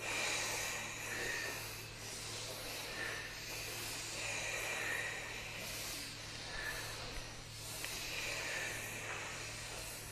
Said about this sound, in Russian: Мощнее вдох. Дышим, дышим, дышим, дышим.